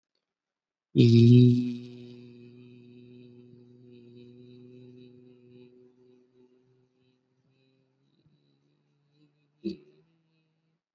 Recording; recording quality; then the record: sustained vowel as in beet; excellent, no background noise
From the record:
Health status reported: exposed to COVID-19, no respiratory illness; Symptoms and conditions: cold, sore throat, fatigue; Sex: male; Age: 27 years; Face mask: not worn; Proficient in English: yes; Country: India